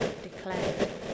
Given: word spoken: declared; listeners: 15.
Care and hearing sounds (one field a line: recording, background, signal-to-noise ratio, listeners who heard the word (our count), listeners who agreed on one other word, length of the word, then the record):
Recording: one English word in noise, from a listening test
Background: noise modulated by three-talker babble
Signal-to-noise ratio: -7.3 dB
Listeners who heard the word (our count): 2 of 15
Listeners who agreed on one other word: 13 of 15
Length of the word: 0.74 s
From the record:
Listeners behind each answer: 13, 2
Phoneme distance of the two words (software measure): 7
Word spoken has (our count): 2 syllables, 6 phonemes, stress on syllable 2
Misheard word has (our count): 2 syllables, 5 phonemes, stress on syllable 2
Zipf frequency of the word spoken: 4.06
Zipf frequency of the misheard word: 3.89